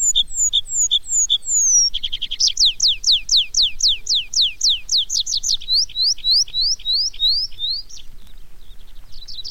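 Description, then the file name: Tree pipit song: a few high notes, then a rapid run of sharp downslurred notes that slows into longer, sweeping whistled notes, with a brief trill at the end. "baumpieper"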